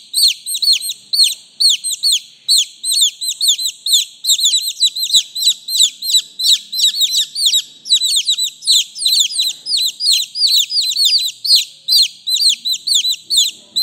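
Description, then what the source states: Chicken chicks peep continuously: shrill, falling peeps in a steady, busy series throughout. Chick, a young chicken, calling.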